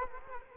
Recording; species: mosquito wingbeat signal from an infrared sensor; Culex quinquefasciatus